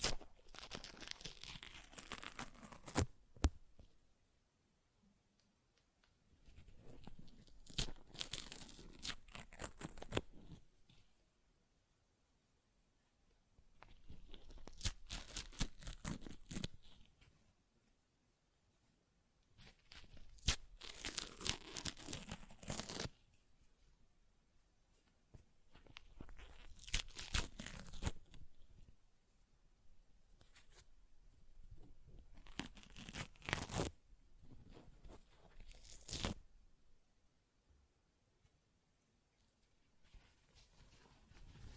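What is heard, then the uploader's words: Paper is ripped and torn in a series of bursts, each lasting two to four seconds, separated by short silences. The tearing is bright and scratchy with crackling detail, some rips rising to sharp, louder peaks, repeating roughly every six seconds. ASMR Paper Ripping Tearing Sounds (No Talking).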